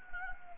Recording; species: mosquito wingbeat signal from an infrared sensor; Anopheles gambiae